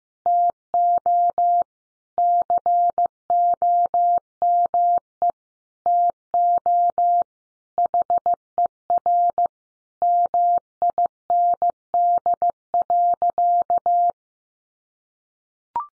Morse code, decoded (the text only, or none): TO COME TO HER MIND.